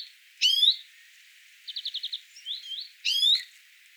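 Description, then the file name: European greenfinch calling: two loud chirps framing a quick series of clipped notes and a soft slurred twitter. "Chloris chloris"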